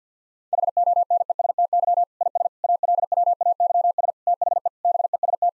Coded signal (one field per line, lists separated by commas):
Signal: Morse code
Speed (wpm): 50 wpm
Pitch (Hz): 700 Hz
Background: none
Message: HONESTY IS ALWAYS THE BEST